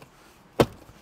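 A plastic console trim panel is slid down and pressed back onto its clips. It gives one sharp, loud snap at 0.6 s, and the panel seats in place.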